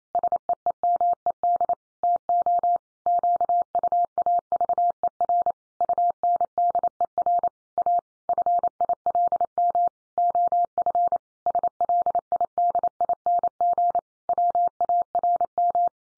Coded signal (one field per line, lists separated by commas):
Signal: Morse code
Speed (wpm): 28 wpm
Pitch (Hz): 700 Hz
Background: none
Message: SEEMED TO QUAVER UNDER A FILM OF SLIDING WARM